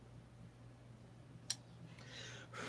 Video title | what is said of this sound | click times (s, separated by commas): More Stihl 200t Crankcase and Bearings | There. Done. Click. Just click right in. | 1.5 s